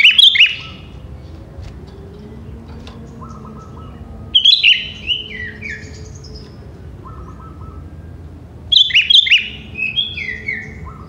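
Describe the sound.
Sooty-headed bulbul song: short bubbly, chirpy phrases, each dropping slightly in pitch, repeated about every four to five seconds, with faint lower notes between.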